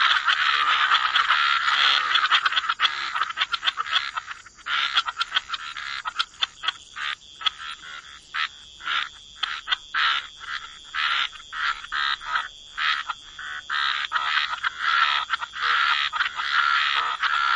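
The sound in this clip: Frog chorus starting as a continuous din, then breaking into rapid rhythmic bursts of croaks, roughly two a second, with short gaps between.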